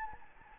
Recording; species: mosquito wingbeat signal from an infrared sensor; Anopheles gambiae